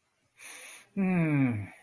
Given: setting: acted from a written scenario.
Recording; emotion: vocal sound without words; desire